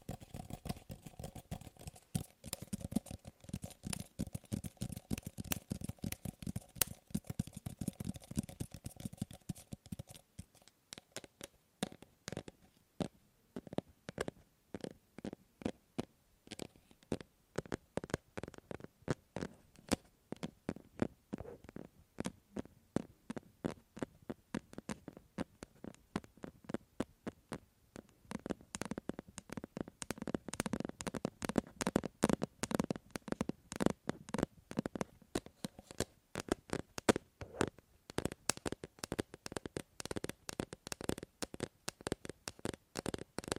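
Fingers tap on a series of objects, the strikes sharp and clicky, with each surface giving a different tone. For the first ten seconds the taps run fast and dense over a low hum, then they turn slower and more spaced, speeding up again near the end.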